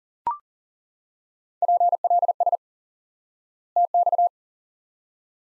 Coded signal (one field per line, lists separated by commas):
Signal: Morse code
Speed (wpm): 40 wpm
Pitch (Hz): 700 Hz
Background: none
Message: PLS TX